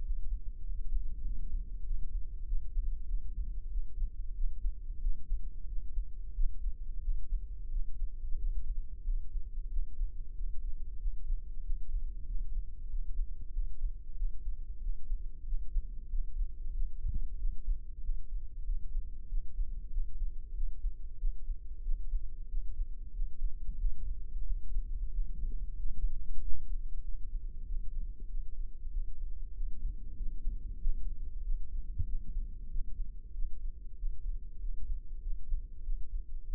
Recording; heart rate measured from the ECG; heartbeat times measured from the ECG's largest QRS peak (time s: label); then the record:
heart sounds by microphone in the left ear; 94 bpm
0.05 s: heartbeat
0.66 s: heartbeat
1.26 s: heartbeat
1.87 s: heartbeat
2.48 s: heartbeat
3.10 s: heartbeat
3.73 s: heartbeat
4.37 s: heartbeat
5.03 s: heartbeat
5.69 s: heartbeat
6.36 s: heartbeat
7.04 s: heartbeat
7.72 s: heartbeat
8.40 s: heartbeat
9.06 s: heartbeat
9.72 s: heartbeat
10.37 s: heartbeat
11.01 s: heartbeat
11.65 s: heartbeat
12.28 s: heartbeat
12.91 s: heartbeat
13.55 s: heartbeat
14.18 s: heartbeat
14.83 s: heartbeat
15.47 s: heartbeat
16.11 s: heartbeat
16.75 s: heartbeat
17.40 s: heartbeat
18.04 s: heartbeat
18.67 s: heartbeat
19.30 s: heartbeat
19.93 s: heartbeat
20.56 s: heartbeat
21.20 s: heartbeat
21.84 s: heartbeat
22.50 s: heartbeat
23.15 s: heartbeat
23.80 s: heartbeat
24.47 s: heartbeat
25.14 s: heartbeat
25.79 s: heartbeat
26.43 s: heartbeat
27.05 s: heartbeat
27.67 s: heartbeat
28.30 s: heartbeat
28.92 s: heartbeat
29.56 s: heartbeat
30.18 s: heartbeat
30.81 s: heartbeat
31.44 s: heartbeat
32.07 s: heartbeat
32.71 s: heartbeat
33.35 s: heartbeat
33.98 s: heartbeat
34.61 s: heartbeat
35.23 s: heartbeat
35.85 s: heartbeat
36.48 s: heartbeat
From the record:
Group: healthy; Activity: rest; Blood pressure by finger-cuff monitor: 147/86 mmHg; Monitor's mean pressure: 103 mmHg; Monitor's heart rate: 94 bpm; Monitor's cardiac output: 7.5 L/min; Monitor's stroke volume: 79 mL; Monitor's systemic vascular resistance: 1000 dyn s/cm5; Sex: male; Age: 21 years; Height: 175 cm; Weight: 72.6 kg